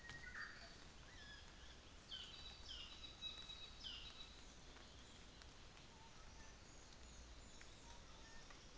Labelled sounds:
North Island Saddleback (Philesturnus rufusater), New Zealand Fantail (Rhipidura fuliginosa)
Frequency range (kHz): North Island Saddleback (Philesturnus rufusater) 1.3-6.3 kHz; New Zealand Fantail (Rhipidura fuliginosa) 5.5-7.9 kHz
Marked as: faintness 3/5, faintness 4/5
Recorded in New Zealand on 24 December 2018
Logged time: 09:00

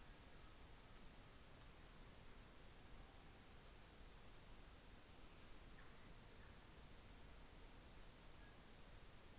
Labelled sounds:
New Zealand Fantail (Rhipidura fuliginosa)
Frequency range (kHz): New Zealand Fantail (Rhipidura fuliginosa) 4.3-7.9 kHz
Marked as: faintness 4/5
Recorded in New Zealand on 24 December 2018
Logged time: 15:10

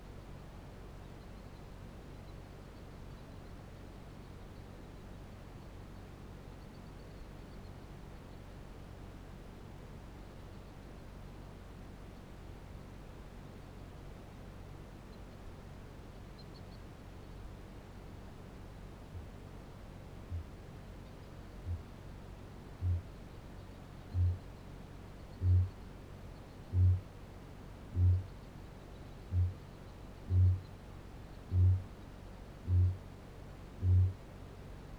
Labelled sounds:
Kākāpō (Strigops habroptilus) boom
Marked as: faintness 4/5, faintness 2/5
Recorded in New Zealand
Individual Barnard

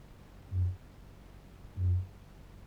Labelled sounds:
Kākāpō (Strigops habroptilus) boom
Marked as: faintness 2/5
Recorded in New Zealand
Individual Barnard

